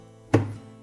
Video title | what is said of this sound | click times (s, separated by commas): WASHER REPAIR: How to Install a Transmission in a Top-Load Washer - FIX.com | fabric softener agitator cap is next snaps | 0.3 s